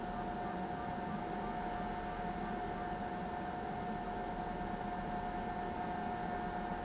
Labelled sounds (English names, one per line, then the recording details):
none
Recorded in pastures near Pivijay, Magdalena, Colombia, on 16 April 2023 at 22:00
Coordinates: 10.456, -74.369
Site P6-G026